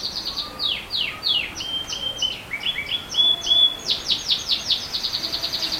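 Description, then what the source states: Bird calling, a fast series of high downslurred chirps repeated roughly two or three per second, briefly interrupted by flatter whistled notes, then resuming, over light background hiss. Recorded 3 August 2020; species unidentified.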